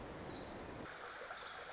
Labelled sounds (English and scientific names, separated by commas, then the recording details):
Pacific Wren (Troglodytes pacificus)
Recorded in Sonoma County, California